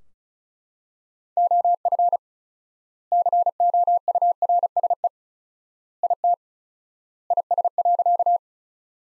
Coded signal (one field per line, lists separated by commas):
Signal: Morse code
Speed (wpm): 36 wpm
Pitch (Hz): 700 Hz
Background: none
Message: OF COURSE IT IS.